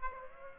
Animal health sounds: mosquito wingbeat signal from an infrared sensor; Aedes aegypti

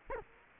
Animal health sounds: mosquito wingbeat signal from an infrared sensor; Culex quinquefasciatus

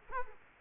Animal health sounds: mosquito wingbeat signal from an infrared sensor; Culex quinquefasciatus

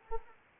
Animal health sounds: mosquito wingbeat signal from an infrared sensor; Anopheles arabiensis

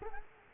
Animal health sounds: mosquito wingbeat signal from an infrared sensor; Culex quinquefasciatus

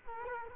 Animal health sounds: mosquito wingbeat signal from an infrared sensor; Culex quinquefasciatus

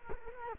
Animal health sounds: mosquito wingbeat signal from an infrared sensor; Culex quinquefasciatus

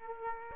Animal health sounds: mosquito wingbeat signal from an infrared sensor; Aedes aegypti

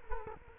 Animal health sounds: mosquito wingbeat signal from an infrared sensor; Culex quinquefasciatus

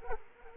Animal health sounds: mosquito wingbeat signal from an infrared sensor; Culex quinquefasciatus

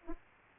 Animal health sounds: mosquito wingbeat signal from an infrared sensor; Aedes aegypti

